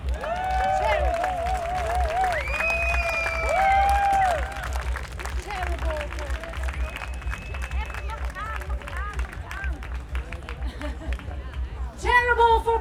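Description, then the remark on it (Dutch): An audience claps steadily in a dense patter of many hands, mixed with rising and falling cheers and whoops, plus a low steady hum underneath; the clapping swells again briefly at the end. “Mag ik nog een groot applaus?”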